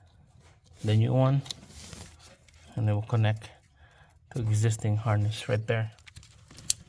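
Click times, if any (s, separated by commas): 6.7 s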